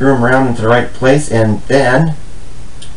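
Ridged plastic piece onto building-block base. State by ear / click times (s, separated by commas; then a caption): seated / 2.8 s. A plastic piece with four ridges is twisted into the right position and pressed down onto a building-block base while someone talks. A small click is heard at 2.8 s as the ridged toy piece snaps into place.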